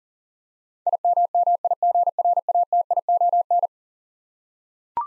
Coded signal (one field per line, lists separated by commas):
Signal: Morse code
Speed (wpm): 40 wpm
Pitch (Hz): 700 Hz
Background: none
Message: IMMIGRATION